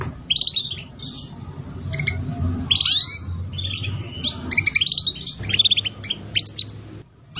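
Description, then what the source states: Atlantic canary song, rapid sequences of chirps, sweeping whistles and short trills, growing busier toward the end, over a low hum. Song used as a lure to attract birds.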